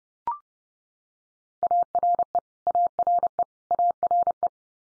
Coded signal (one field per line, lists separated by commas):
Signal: Morse code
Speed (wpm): 30 wpm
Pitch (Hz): 700 Hz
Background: none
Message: ARE ARE ARE